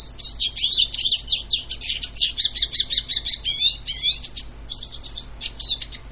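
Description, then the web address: Eurasian siskin twittering song: a fast, dense run of high chattering and trilled notes, some rising and falling twangy phrases, thinning to sparser notes in the last two seconds. "wroblowe fringillidae cspinus"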